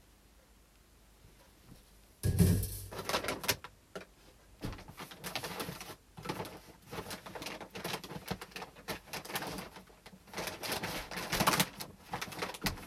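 Hulled brown rice is run through a sorting machine and checked by hand for leftover husks and weed seeds. After two quiet seconds a loud burst starts, then dense, irregular rustling and clattering continues, surging brighter around six and eleven seconds.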